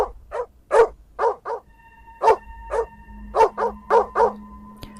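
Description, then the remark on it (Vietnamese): A black dog chained near a gate barks over and over at a white-clad figure outside the yard, in quick, sharp bursts, about a dozen loud barks in an uneven rhythm, with a faint steady hum running underneath from midway on. “Lập tức, con chó mực xích ở gần cổng cũng đã bắt đầu hướng về phía thân hình mặc đồ trắng đó, điên cuồng mà cất lên tiếng sủa.”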